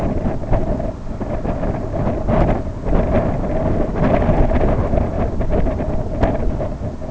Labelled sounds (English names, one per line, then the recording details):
none
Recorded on Arctic tundra, site IGLO-B, on 24 June 2018
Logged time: 01:59